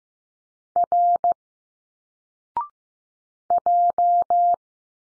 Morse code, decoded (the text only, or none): R J